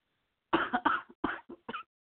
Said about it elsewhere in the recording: If I just get too under the weather. I know I sound so awful. Can you hear that? Deep cough.